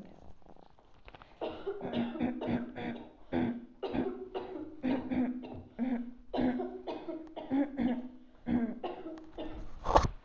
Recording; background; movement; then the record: throat clearing; a bystander coughing; sitting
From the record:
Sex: female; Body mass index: 36.4 kg/m2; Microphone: on the chest, facing outward